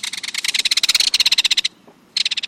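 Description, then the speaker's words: Belted Kingfisher rattle: a fast, dry, mechanical series of clicking notes lasting well over a second, a brief pause, then the rattle starts again. Loud rattling call fired up and down the beach. "firing its loud rattling call up and down the beach."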